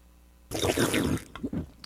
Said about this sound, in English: I'm just going to grab my beer and slurp a little bit down my throat.